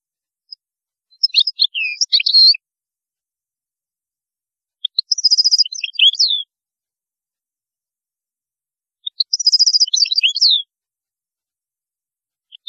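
European goldfinch song, three similar phrases about four seconds apart, each a rapid silvery trill followed by slurred twittering notes.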